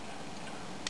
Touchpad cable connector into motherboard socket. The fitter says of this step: connector cable with the motherboard it just snaps back into place on its connector